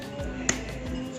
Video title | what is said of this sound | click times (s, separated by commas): TUTORIAL PEMASANGAN MESIN ANTRIAN (WINDOWS) | pasangan kabel LAN pada monitor touchscreen berbunyi klik | 0.5 s